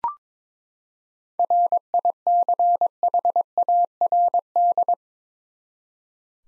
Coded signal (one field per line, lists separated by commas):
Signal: Morse code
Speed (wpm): 22 wpm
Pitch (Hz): 700 Hz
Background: none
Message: RICHARD